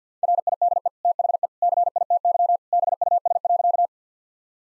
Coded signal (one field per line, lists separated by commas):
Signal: Morse code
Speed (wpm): 50 wpm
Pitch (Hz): 700 Hz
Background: none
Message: RIDE THE CITY BUS.